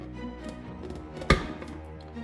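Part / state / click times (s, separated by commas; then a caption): water reservoir on the back of a capsule coffee machine / released / 1.3 s. The plastic water reservoir on the back of a Nespresso capsule coffee machine is pulled slightly out towards the wall over a faint, steady tonal background. It unlatches with a single sharp click at 1.3 s. The reservoir is then free to be lifted straight up.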